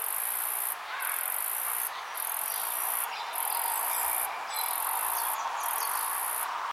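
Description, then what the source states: Insect calling: a steady, very high-pitched shrill buzz that breaks off briefly about every second, over a soft background hum with faint scattered chirps. Insect call recorded in Yandina, Australia.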